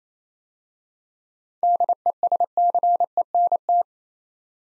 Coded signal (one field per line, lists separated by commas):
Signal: Morse code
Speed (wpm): 27 wpm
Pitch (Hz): 700 Hz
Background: none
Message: DESCENT